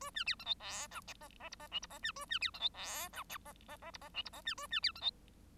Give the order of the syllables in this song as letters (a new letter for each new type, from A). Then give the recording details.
A B C D E F G H H I H J I H B A B C D E F G K H H H I H J I H B A B C D E. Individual Bird1